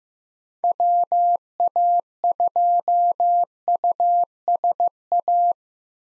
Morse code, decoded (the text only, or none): WA2USA